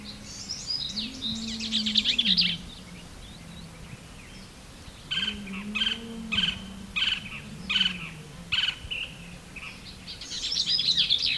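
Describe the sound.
Bell's vireo gives scratchy jumbled phrases at the start and end, while another bird inserts a run of evenly spaced, clipped notes in between; low hum persists throughout.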